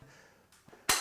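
A miter saw head is tilted back from a right bevel past 90 degrees, and the automatic detent in its bevel pivot snaps back into place so the saw stops at 90 degrees. After a quiet stretch with a faint shift at about 0.5 s, a sharp, loud snap rings out at 0.9 s as the detent seats.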